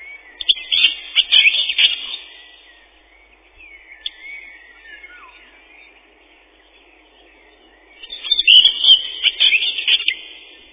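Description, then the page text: Common whitethroat giving two rapid, scratchy warbled phrases several seconds apart, with soft sliding whistles in the quiet stretch. Song a chattering 'tirli-vi-tir-li-chet-chit-chitirli'. "Серая славка, или славка-говорунчик — Sylvia communis. Пение. Песня — щебетание “тирли-ви-тир-ли-чет-чит-читирли”"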